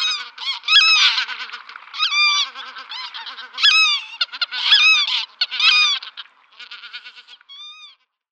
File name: Greater White-fronted Goose